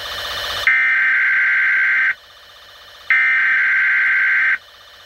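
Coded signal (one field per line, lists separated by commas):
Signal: Emergency Alert System (SAME) tones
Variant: header bursts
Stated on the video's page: Mock EAS nuclear attack warning on TV; simulated alert tones.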